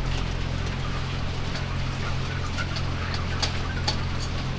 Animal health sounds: poultry house recording; healthy chickens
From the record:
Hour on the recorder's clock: 12

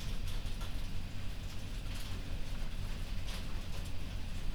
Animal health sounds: poultry house recording; no chicken sound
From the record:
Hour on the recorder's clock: 0

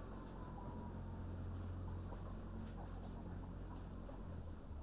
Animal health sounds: poultry house recording; healthy chickens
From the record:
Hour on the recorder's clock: 15

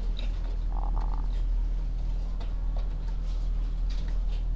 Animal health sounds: poultry house recording; sick chickens (respiratory disease)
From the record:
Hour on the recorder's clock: 11

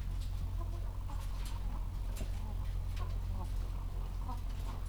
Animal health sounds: poultry house recording; sick chickens (respiratory disease)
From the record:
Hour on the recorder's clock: 14

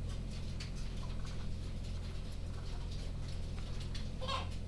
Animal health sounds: poultry house recording; sick chickens (respiratory disease)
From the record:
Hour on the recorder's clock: 22

